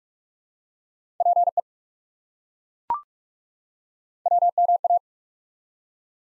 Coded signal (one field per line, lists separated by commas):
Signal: Morse code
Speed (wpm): 42 wpm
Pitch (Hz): 700 Hz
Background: none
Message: PE WMA